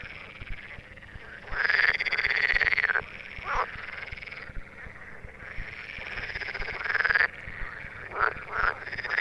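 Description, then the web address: Edible frog giving rattling, buzzy croaking bursts over a steady background chorus. Frogs calling in the Tävsmoor. "teichfrosch. rufen jetzt die froesche im taevsmoor"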